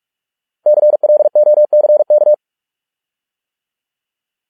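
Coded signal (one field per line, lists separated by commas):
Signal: Morse code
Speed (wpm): 46 wpm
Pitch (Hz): 600 Hz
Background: none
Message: CLOCK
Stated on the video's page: Morse code practice of English words at 45 wpm.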